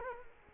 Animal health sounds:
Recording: mosquito wingbeat signal from an infrared sensor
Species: Culex quinquefasciatus

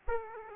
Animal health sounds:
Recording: mosquito wingbeat signal from an infrared sensor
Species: Aedes aegypti

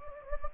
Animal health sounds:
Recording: mosquito wingbeat signal from an infrared sensor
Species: Anopheles gambiae

